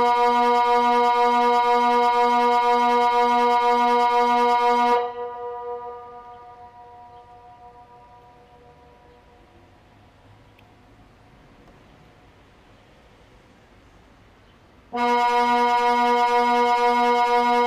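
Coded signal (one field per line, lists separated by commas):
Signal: siren signal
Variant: Swiss Water Alert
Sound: low steady buzzy siren tone, then about ten seconds silence, then the tone again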